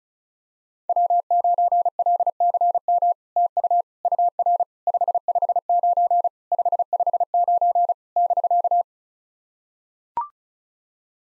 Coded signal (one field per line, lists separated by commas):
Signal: Morse code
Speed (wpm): 36 wpm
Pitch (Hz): 700 Hz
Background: none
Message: W9LCM TU UR 559 559 <BK>